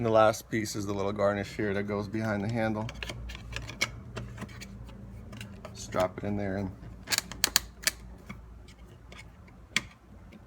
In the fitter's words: and get it snapped into place all